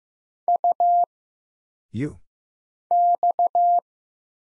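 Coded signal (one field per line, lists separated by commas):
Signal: Morse code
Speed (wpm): 15 wpm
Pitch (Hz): 700 Hz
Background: none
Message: U X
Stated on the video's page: Single-character Morse drill at 15 wpm of letters, numbers, punctuation and prosigns for instant character recognition, each sent, spoken, then sent again.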